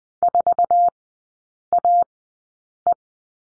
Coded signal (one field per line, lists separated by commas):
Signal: Morse code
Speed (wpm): 20 wpm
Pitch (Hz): 700 Hz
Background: none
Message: 4AE